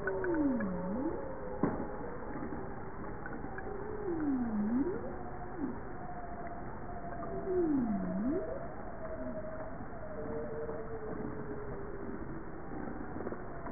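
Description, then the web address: Bowhead whale calls: three low, swooping V-shaped moans that dip down and rise again, spaced a few seconds apart, over faint steady tones and a constant background hiss. "JASA 2013 Blue Bowhead Fin Humpback Southern Right Whale"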